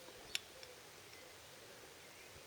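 During a Suzuki Bandit motorcycle fuel tap rebuild, a small seal or diaphragm part from the rebuild kit is pressed into the little recess in the middle of the tap body. A sharp click at 0.4 s is followed by a fainter tick at 0.6 s over quiet background noise. The part pops into place and is seated at 0.4 s.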